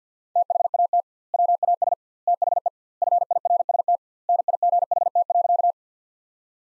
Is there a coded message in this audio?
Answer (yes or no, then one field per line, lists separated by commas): yes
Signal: Morse code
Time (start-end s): 0.4-5.7 s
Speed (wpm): 50 wpm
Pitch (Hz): 700 Hz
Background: none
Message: THAT WAS THE FIRST NIGHT.